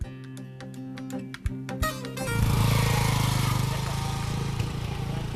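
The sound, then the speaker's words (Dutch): A motorcycle carrying fresh milk in old-fashioned metal milk churns to a milk collection point ticks over with a steady, uneven putter for about two seconds, then revs up into a loud, sustained rumbling roar that holds to the end. “Daar gaat de verse melk in ouderwetse metalen melkbussen achter op de motorfiets naar het melkverzamelpunt.”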